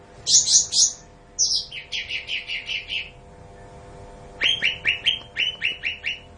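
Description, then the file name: Bulbul singing a few high notes, then a string of even chirps, a brief pause, and another run of rapid, repeated mid-pitched notes. "suara cucak ranti"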